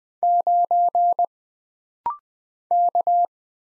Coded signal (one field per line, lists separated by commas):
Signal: Morse code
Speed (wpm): 20 wpm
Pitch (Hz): 700 Hz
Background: none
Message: 9 K